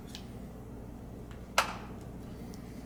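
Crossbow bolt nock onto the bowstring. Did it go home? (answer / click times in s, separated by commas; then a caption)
yes / 1.6 s. A Ravin crossbow bolt, with its own style of nock, is loaded and its nock snaps onto the crossbow string. A single sharp click at 1.6 s stands out above a quiet background, with fainter ticks near 0.2 s and 2.5 s. The nock is properly seated on the string.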